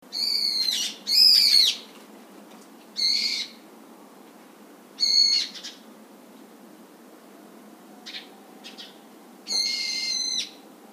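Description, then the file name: Brown-eared bulbul giving a series of harsh, squealing screeches, some short and some drawn out, with a couple of faint calls in between. "hiyo"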